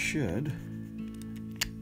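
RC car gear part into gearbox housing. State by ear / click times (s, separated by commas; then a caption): seated / 1.6 s. A plastic RC car gearbox part is lined up with the gear and pressed into the gearbox housing while someone talks over steady background music. A sharp click at 1.6 s marks the part popping into place, seated.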